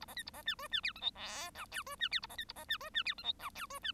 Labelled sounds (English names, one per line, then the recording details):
Bengalese Finch song
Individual Bird1